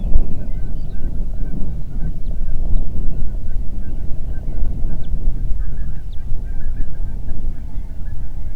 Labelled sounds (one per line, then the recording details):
songbird
waterfowl
wind
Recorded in the Prudhoe Bay oil fields, Alaska, on 8 June 2019 at 04:21
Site 30